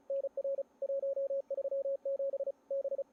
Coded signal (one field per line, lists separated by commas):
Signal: Morse code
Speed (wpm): 31 wpm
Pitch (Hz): 550 Hz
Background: radio noise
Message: NR 137 B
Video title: NG7M 2020 ARRL Sweepstakes CW Live Operating (Saturday Evening after the start)